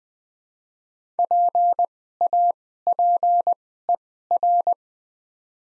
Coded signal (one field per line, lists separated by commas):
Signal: Morse code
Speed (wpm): 20 wpm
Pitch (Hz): 700 Hz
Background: none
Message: PAPER